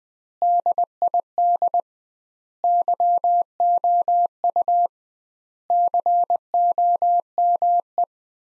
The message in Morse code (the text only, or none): DID YOU COME